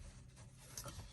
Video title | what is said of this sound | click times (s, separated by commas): MUST HAVE TESLA Accessories 2022 - PART 1 ft. Evannex! | snap right in | 0.8 s